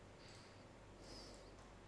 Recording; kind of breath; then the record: one breath in and out by a microphone near the nose and mouth; normal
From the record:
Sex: male